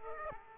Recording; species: mosquito wingbeat signal from an infrared sensor; Aedes aegypti